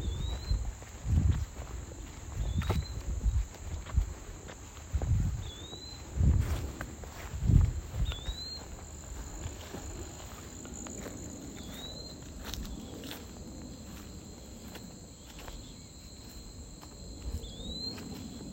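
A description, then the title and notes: Footsteps crunch through a quiet forest, heavy at first then thinning out, while a steady high insect drone and repeated short chirps continue throughout. A quiet trek through the forest. The forest led to an open preserve of golden rod.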